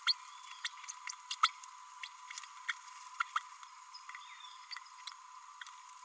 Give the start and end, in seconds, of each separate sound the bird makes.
0.07-0.13, 0.64-0.68, 0.88-0.91, 1.31-1.35, 1.43-1.48, 2.68-2.72, 3.35-3.39